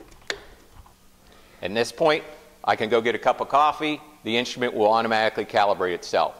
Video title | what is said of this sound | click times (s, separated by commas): MSA Galaxy GX2 Overview presented by Gilson Engineering Sales | the unit inside and we want to hear a snap and this | 0.3 s